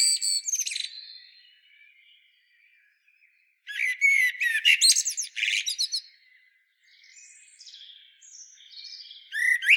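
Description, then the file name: Common blackbird phrases of jumbled whistles and high twitters, with softer drawn-out thin notes trailing between the louder bursts. "Turdus merula"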